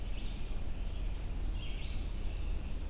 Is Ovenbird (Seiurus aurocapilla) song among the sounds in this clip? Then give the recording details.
no. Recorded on 22 June 2016 at 08:17. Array SBT-6-76